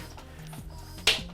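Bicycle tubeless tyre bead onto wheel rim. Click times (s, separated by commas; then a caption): 1.1 s. A bicycle tubeless tyre is inflated with a pump until its bead snaps onto the wheel rim's bead seat. Over a low steady background, a loud sharp ping sounds at 1.1 s. The bead is seated on the rim.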